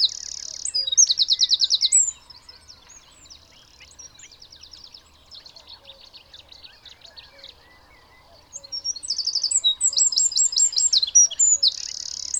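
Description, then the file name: Eurasian wren singing two bursts of shrill, rapid trills and chattering notes, separated by about six seconds of faint, scattered twittering in the background. "Troglodytes troglodytes"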